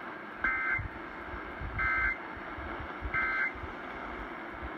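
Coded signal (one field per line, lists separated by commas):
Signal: Emergency Alert System (SAME) tones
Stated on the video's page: Alerts, including a PDS tornado warning, received from at least 700 miles away on a Sangean radio and a RadioShack 12-996.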